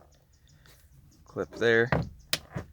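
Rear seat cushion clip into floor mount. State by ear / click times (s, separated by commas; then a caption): seated / 2.3 s. On the passenger side of a Prius V, the rear seat bottom cushion is pressed down until its clip snaps into the floor mount, seating with a sharp click at 2.3 s. Someone talks before and after the click, with lower rustling and handling noise in between.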